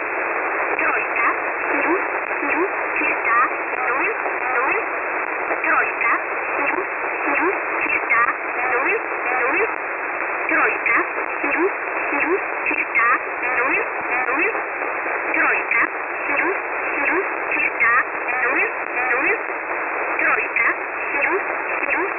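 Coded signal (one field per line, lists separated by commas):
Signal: numbers station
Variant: E11 Oblique, English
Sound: a single voice reading short, evenly paced words over hissy shortwave static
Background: radio static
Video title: 07 08 2021 Number station E11 Oblique in English to Eu 0830 on 5149 unknown tx site in USB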